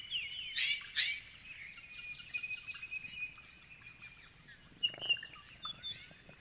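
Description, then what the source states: Grey-fronted honeyeater chirping, two loud sharp notes near the start, then a long thin whistled tone and a few more short chirps toward the end. Several birds chirping together.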